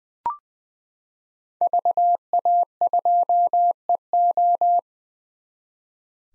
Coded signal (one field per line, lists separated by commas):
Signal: Morse code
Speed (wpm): 21 wpm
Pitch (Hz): 700 Hz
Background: none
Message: VA2EO